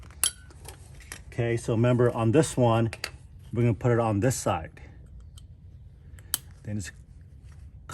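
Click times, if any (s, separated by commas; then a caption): 7.9 s. A metal brake pad hardware clip on a Toyota Sienna is pressed into place on one side of the rear caliper bracket while someone talks. A few faint metallic ticks and taps come before it, then a sharp metallic click at 7.9 s as the clip seats.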